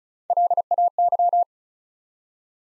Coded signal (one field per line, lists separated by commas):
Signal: Morse code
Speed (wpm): 36 wpm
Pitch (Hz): 700 Hz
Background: none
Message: LAY